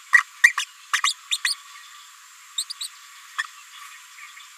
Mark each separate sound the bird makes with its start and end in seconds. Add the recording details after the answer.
0.13-0.23, 0.43-0.52, 0.57-0.65, 1.03-1.14, 1.31-1.37, 1.45-1.54, 2.58-2.64, 2.70-2.73, 2.81-2.87. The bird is a female. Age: 30 days. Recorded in a nest box in Venezuela. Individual 17B73B2